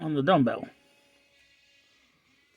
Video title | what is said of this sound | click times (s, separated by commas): Marvel Legends Ant-Man and the Wasp Quantumania, Build a Figure Cassie Lang | so I mean it doesn't snap on but it's on there | none